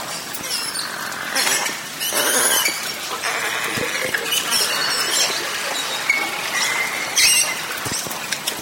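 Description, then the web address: Beluga vocalising: noisy squealing bursts and crackling clicks, with a few brief high whistles near the end. "valaat beluga"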